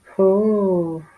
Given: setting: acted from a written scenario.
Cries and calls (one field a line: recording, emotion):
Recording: vocal sound without words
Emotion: desire